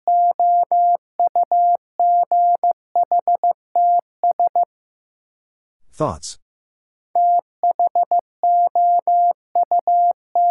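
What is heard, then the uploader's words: A word is sent in Morse code as a steady, pure tone, keyed on and off in clean short dots and longer dashes grouped into letters. Around six seconds the beeping pauses for a brief rough swish, then the code resumes at the same pace. First, the word is sent in Morse code. 15wpm.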